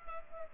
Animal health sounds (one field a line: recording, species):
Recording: mosquito wingbeat signal from an infrared sensor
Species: Culex pipiens